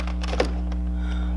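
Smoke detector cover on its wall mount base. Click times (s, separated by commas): 0.4 s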